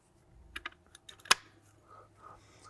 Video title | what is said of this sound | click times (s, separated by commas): BMW X5 Front Brake Pad & Rotor Replacement DIY (2019-Present BMW G05 X5 xDrive30i, xDrive40i) | uh pad in so that locks in place | 1.3 s